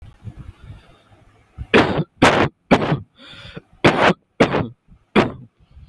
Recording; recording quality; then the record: heavy voluntary cough; moderate, slight background noise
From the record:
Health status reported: healthy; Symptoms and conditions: none ticked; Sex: male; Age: 22 years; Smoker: not ticked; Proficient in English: yes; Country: India